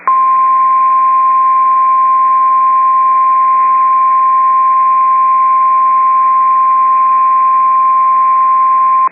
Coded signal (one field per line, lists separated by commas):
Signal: Emergency Alert System (SAME) tones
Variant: 1050 Hz attention tone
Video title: Severe Thunderstorm Warning (Sheridan and Burleigh Counties, ND) (8/28/24) [EAS #28]